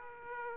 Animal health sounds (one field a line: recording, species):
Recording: mosquito wingbeat signal from an infrared sensor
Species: Aedes aegypti